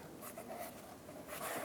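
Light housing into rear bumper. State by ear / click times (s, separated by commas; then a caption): not seated / none. A plastic light housing, marked L or R for left or right, is handled and pressed toward its opening in the rear bumper of a 2000-2006 Toyota Tundra. Soft scraping and rubbing handling noises continue for the whole clip, with no sharp pop. Nothing has seated or clicked yet.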